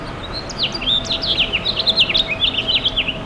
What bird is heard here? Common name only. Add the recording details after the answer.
House Finch. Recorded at Babylon on Long Island, New York, on 18 May 2013. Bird G